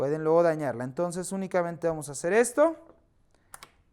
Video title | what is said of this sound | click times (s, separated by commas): Guía: Como Armar PC Gaming / Profesional Paso a Paso Detalladamente | this until it clicks and that fast we are going | 3.5 s, 3.6 s